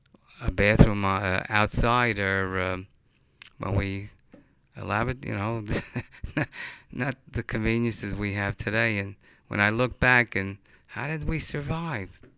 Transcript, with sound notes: a bathroom outside when we, a lava, you know. ( he laughs ) Not the conveniences we have today. When I look back, how did we survive?